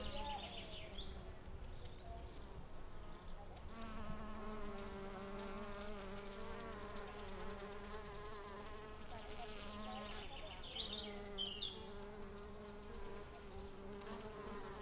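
Bee buzzing: continuous low drone with slight pitch wavering throughout, accompanied by scattered bird chirps and whistles.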